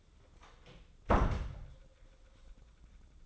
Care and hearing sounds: daily activity, microphone in the room; close door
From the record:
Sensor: 3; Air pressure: 1004.8 hPa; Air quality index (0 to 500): 77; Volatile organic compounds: 2 ppm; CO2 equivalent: 1158 ppm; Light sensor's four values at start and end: 8/19/8/7 and 8/19/8/7

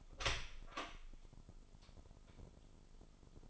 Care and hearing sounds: daily activity, microphone in the room; open door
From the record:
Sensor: 5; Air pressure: 996.3 hPa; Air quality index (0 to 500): 39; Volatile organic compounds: 1 ppm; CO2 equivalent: 633 ppm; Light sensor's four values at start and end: 43/100/42/44 and 43/100/41/44

